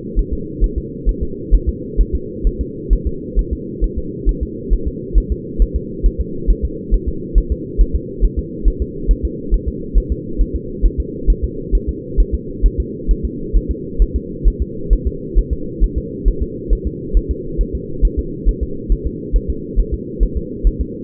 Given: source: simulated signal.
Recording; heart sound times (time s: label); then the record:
fetal heart sounds
0.19 s: S1
0.33 s: S2
0.64 s: S1
0.78 s: S2
1.09 s: S1
1.23 s: S2
1.55 s: S1
1.69 s: S2
2.01 s: S1
2.15 s: S2
2.47 s: S1
2.61 s: S2
2.93 s: S1
3.07 s: S2
3.39 s: S1
3.53 s: S2
3.84 s: S1
3.98 s: S2
4.29 s: S1
4.43 s: S2
4.73 s: S1
4.88 s: S2
5.18 s: S1
5.32 s: S2
5.62 s: S1
5.76 s: S2
6.06 s: S1
6.20 s: S2
6.50 s: S1
6.65 s: S2
6.94 s: S1
7.08 s: S2
7.38 s: S1
7.52 s: S2
7.81 s: S1
7.95 s: S2
8.25 s: S1
8.39 s: S2
8.68 s: S1
8.82 s: S2
9.11 s: S1
9.25 s: S2
9.54 s: S1
9.68 s: S2
9.98 s: S1
10.12 s: S2
10.41 s: S1
10.56 s: S2
10.86 s: S1
11.00 s: S2
11.30 s: S1
11.44 s: S2
11.75 s: S1
11.89 s: S2
12.20 s: S1
12.34 s: S2
12.66 s: S1
12.80 s: S2
13.11 s: S1
13.25 s: S2
13.57 s: S1
13.71 s: S2
14.02 s: S1
14.16 s: S2
14.48 s: S1
14.62 s: S2
14.93 s: S1
15.07 s: S2
15.39 s: S1
15.53 s: S2
15.84 s: S1
15.98 s: S2
16.28 s: S1
16.42 s: S2
16.73 s: S1
16.87 s: S2
17.17 s: S1
17.31 s: S2
17.61 s: S1
17.75 s: S2
18.05 s: S1
18.19 s: S2
18.49 s: S1
18.63 s: S2
18.92 s: S1
19.06 s: S2
19.36 s: S1
19.50 s: S2
19.79 s: S1
19.94 s: S2
20.23 s: S1
20.37 s: S2
20.67 s: S1
20.81 s: S2
From the record:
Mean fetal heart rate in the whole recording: 135 bpm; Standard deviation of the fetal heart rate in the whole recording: 3 bpm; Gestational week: 36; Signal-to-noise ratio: -4.3 dB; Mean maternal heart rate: 72 bpm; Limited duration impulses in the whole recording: absent